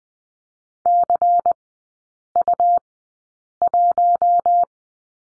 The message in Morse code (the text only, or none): CU1